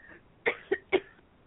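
Three short, sharp coughs in quick succession from a woman, muffled by a narrow telephone line.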